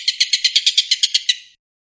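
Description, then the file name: Stork-billed kingfisher giving a short, rasping volley of roughly a dozen evenly spaced notes that fades out at the end. Tengkek buto giving the "tembakan" or shooting call. "suara tembakan tengkek buto"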